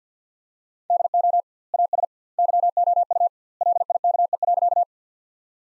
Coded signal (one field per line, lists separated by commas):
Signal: Morse code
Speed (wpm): 51 wpm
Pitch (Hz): 700 Hz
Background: none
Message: DO AS YOU LIKE.